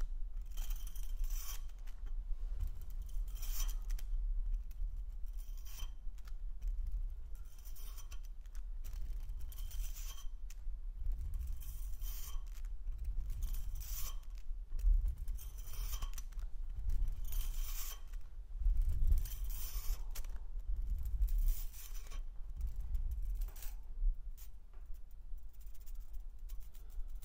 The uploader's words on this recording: Nick found a metal toy and played with it in front of the camera, these are the sounds that he came up with.